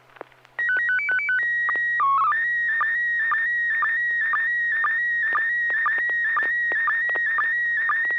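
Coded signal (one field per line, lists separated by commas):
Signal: SSTV (slow-scan television)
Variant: PD 120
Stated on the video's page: SSTV net on an FM repeater on 441.300 MHz in Sacramento, sent with MMSSTV software.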